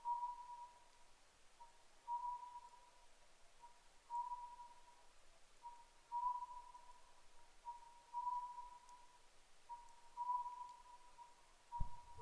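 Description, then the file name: Oriental scops owl calling rhythmically, about six whistled two-note phrases at two-second intervals, ending with a low thump. Recorded 10 May 2010 at 01:03. "konohazuku-20100510-0103"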